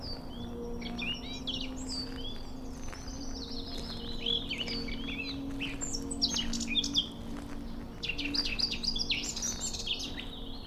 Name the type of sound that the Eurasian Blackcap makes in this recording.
song